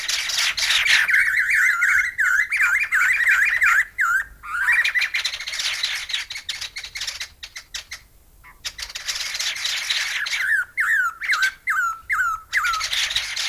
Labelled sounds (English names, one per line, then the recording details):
White-necked Laughingthrush call
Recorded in captivity
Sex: group
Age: adult
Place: Tierpark Berlin, Berlin, DE
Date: 2000-12-21 15:37
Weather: overcast, 0°C
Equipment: Nagra SN, Kopie Uher 4000 Report Monitor
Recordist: Tembrock, Günter
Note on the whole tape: Drei Tiere beieinander sitzend mit Lautfolgen (heterotyp), Entfernung ca. 2 m